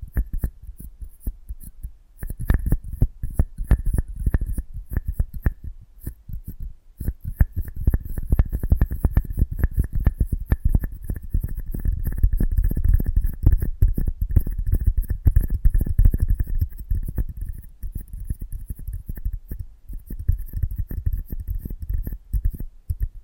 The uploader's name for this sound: ASMR Close Up Mic Treatment